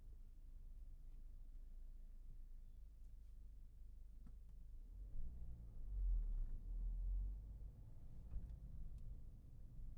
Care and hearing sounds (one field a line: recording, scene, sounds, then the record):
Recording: everyday scene through a hearing-aid microphone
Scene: in a vehicle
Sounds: driving off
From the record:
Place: Berlingo II, diesel engine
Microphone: behind the ear, left, rear